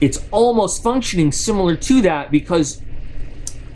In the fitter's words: and you can hear the snap which you you kind of like